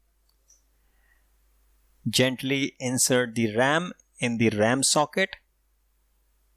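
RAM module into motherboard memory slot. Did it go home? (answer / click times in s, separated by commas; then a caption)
no / none. A RAM module is held with its notch lined up with the key in a motherboard memory slot before being inserted and pressed home. Faint handling ticks come at about 0.3 and 0.5 s, then someone talks from about 2.0 to 5.4 s. Nothing has seated or clicked yet.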